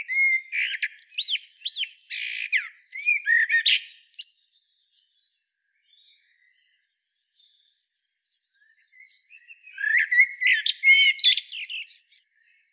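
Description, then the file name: Common blackbird singing: low fluty warbles ending in squeaky high twitters, with a quiet pause of several seconds before a final burst. "Turdus merula"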